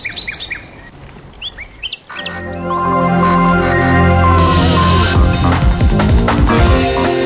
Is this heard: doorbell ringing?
no